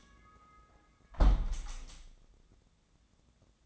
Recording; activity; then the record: daily activity, microphone in the room; close window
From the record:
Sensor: 3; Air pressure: 1012.3 hPa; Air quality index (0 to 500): 139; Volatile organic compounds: 2 ppm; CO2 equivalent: 1073 ppm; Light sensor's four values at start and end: 279/682/284/280 and 283/690/287/282